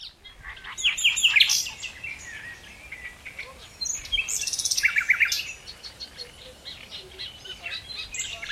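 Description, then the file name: Common nightingale song, a few sharp notes early, then a loud buzzy phrase with quick repeated clicks, with quieter chirps in the background. "Luscinia megarhynchos"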